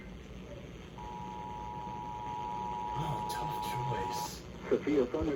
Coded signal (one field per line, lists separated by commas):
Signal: Emergency Alert System (SAME) tones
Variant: 853 and 960 Hz attention tone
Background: speech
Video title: SAN DIEGO CRAZINESS - EAS Alerts on 8/24/2022 (EAS #206-216)